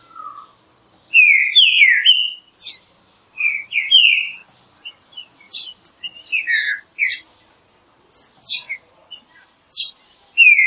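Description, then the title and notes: Green-winged saltator singing loud whistled phrases of a few slurred notes, repeated every couple of seconds, with fainter high chirps between. Classic song style (canto clássico) of the green-winged saltator, offered as training material. "Canto Clássico Trinca Ferro TREINAMENTO. trinca fero"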